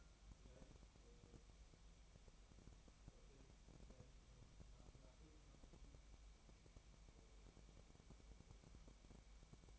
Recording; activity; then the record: daily activity, microphone in the room; wipe stove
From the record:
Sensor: 1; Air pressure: 1003.3 hPa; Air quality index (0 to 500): 198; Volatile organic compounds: 6 ppm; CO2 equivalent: 1902 ppm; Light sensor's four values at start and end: 8/19/8/9 and 8/19/8/9